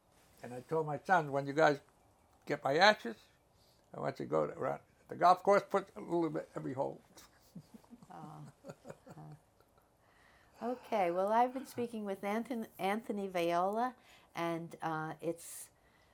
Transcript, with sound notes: And I told my son, "When you guys get my ashes, I want you to go around the golf course — put a little bit, every hole." (Laughs)
Okay, well I've been speaking with Anthon — Anthony Viola, and it's